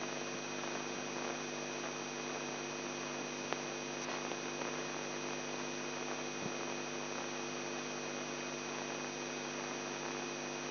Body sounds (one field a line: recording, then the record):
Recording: brain microelectrode recording played as sound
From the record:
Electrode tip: inside the subthalamic nucleus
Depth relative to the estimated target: -1 mm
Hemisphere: left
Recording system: AlphaMap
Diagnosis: Parkinson's disease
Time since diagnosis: 11 years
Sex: male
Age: 42 years